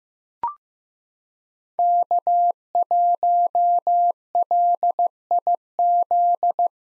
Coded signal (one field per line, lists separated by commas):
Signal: Morse code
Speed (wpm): 15 wpm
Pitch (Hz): 700 Hz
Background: none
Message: K1LIZ